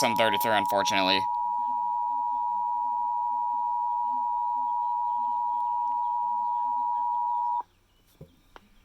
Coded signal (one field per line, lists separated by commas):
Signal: Emergency Alert System (SAME) tones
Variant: 853 and 960 Hz attention tone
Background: speech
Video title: EAS 1458 CTP HWW